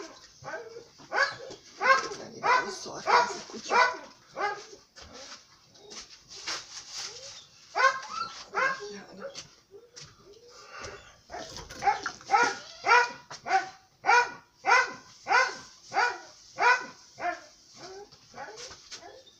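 A dog barks over and over in loud, sharp, steady bursts, pausing briefly before launching into a faster, insistent run of barks that continues to the end.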